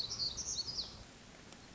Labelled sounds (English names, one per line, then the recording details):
Black-throated Gray Warbler
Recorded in Sonoma County, California